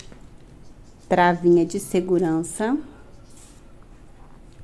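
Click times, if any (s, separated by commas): none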